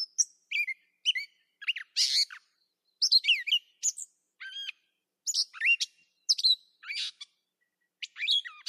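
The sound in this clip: Catbird song: scattered short phrases of squeaks, slurred whistles and harsh chips, varied in pitch, with short silences between bursts.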